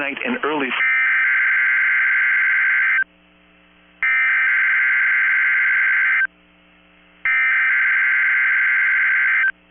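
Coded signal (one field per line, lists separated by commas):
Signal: Emergency Alert System (SAME) tones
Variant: header bursts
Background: speech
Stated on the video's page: Required Weekly Test from NOAA Weather Radio station.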